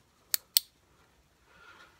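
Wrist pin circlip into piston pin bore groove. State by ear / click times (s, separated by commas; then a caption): seated / 0.3 s, 0.6 s. A steel wrist pin circlip is pried and flipped over with a mini screwdriver into the groove of a piston's pin bore. Two sharp, bright metallic clicks ring out at 0.3 s and 0.6 s, followed by a faint, soft rustle near the end. The circlip pops in and sits fully seated in its groove.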